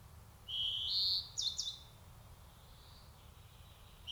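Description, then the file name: European greenfinch uttering one drawn-out buzzy wheeze that rises slightly, followed by a couple of short chirps, then faint softer notes. "Chloris chloris"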